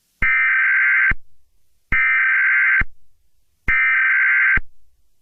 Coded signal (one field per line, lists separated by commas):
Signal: Emergency Alert System (SAME) tones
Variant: header bursts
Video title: EAS Scenario #11: Fireworks Disaster (July 4th Special)